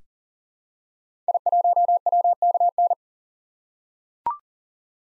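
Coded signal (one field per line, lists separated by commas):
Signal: Morse code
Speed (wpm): 40 wpm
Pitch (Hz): 700 Hz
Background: none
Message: I1WKN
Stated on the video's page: Head-copy practice of common SOTA activator call signs at 40 wpm.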